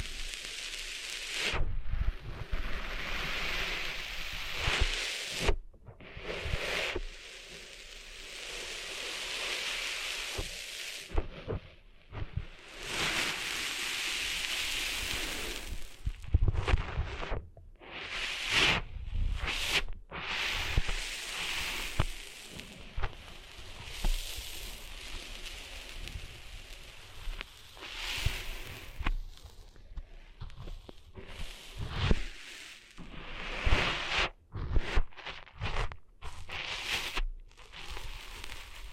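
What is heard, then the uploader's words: Someone cleans sand from their ears with gritty scratching and rubbing bursts, scraping hiss, dull low thumps, and abrupt brief silences throughout. ASMR Cleaning Sand Out of Your Ears (No Talking).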